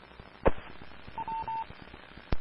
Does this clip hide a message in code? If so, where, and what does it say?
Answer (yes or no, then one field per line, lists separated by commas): no